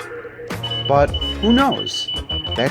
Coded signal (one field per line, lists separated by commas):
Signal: Morse code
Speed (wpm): 33 wpm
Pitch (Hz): 3000 Hz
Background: speech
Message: R AA3B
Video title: Why on Earth Did I Become a Ham? - PART2: The Excitement of Getting On The Air